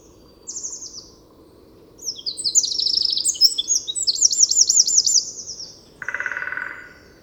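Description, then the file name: Eurasian wren pouring out a fast, piercing song with a rolling trill, followed by a short rough buzzing note at a lower pitch. "Troglodytes troglodytes"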